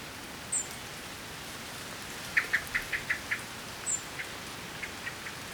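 European robin calls: two thin, very high, brief notes about three seconds apart, with a run of six quick, evenly spaced ticking clicks between them over steady hiss.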